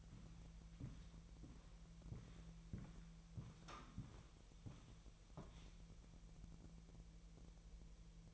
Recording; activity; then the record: daily activity, microphone in the room; walk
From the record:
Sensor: 1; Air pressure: 1002.1 hPa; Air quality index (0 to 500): 235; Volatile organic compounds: 89 ppm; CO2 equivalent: 3675 ppm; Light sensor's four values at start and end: 8/19/8/9 and 7/18/7/8